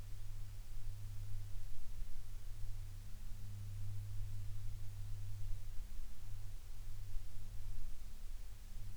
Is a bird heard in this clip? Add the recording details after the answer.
no. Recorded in the Prudhoe Bay oil fields, Alaska, on 12 August 2019 at 15:32. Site 11